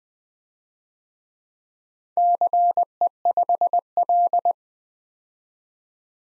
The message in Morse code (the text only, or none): CE5L